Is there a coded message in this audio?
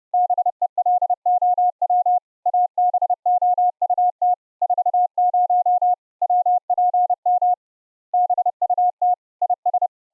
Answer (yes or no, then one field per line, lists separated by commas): yes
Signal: Morse code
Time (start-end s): 0.1-9.9 s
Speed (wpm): 30 wpm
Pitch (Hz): 720 Hz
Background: none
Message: BELOW ABOUT 40 WPM BUT IS